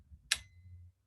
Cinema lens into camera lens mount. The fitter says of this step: and then wait for the click